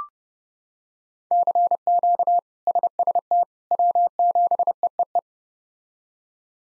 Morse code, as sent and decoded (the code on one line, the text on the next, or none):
-.-. --.- / ... ... - / .-- --... . . .
CQ SST W7EEE